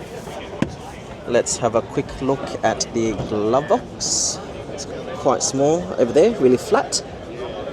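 A car's small, flat glove box is looked into while someone talks, and its plastic lid is handled against the dashboard. Nothing has latched or clicked shut yet by the end of the clip.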